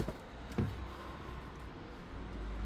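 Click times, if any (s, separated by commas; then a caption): none. The other side of a fabric and plastic wind deflector on a 2025 BMW M440i xDrive Cabriolet is set by hand, its pegs going into the mounting holes behind the rear seats. A soft knock comes at about 0.1 s and a louder low thump at about 0.6 s over a steady low hum. The deflector is only lined up here and has not locked into place yet.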